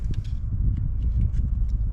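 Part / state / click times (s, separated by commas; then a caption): wiring harness plug into mass air flow sensor connector / not seated / none. The factory wiring harness plug on a 1991 Mustang 5.0 is held against the new mass air flow sensor connector and worked on during the sensor installation, with brief handling knocks and scrapes over a steady low rumble. The plug is a tight fit, and nothing has snapped or seated yet.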